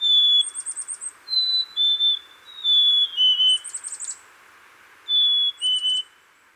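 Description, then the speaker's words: Black-capped Chickadees giving whistled two-note fee-bee songs, a steady higher note dropping to a lower one, mixed with bursts of buzzy high call notes. Phoebe song, used to attract mates or advertise the edge of a territory; several chickadees singing on a spring day in Minnesota. "Here are some chickadees singing the Phoebe song on a spring day in Minnesota."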